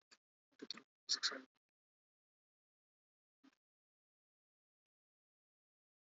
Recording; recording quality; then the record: counting at a fast pace; poor, much background noise or distortion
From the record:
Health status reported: recovered from COVID-19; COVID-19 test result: positive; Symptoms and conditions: none ticked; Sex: male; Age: 27 years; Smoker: not ticked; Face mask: worn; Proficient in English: yes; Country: India